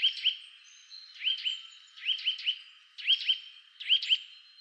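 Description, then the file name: Eurasian nuthatch calling in short groups of two or three rising, sharp notes, spaced about a second apart, with a faint background tone. "Sitta europaea"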